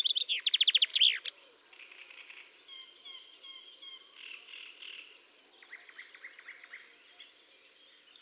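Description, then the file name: Common chaffinch song: a loud burst of rapid repeated notes in the first second, followed by soft background birdsong. "Fringilla coelebs"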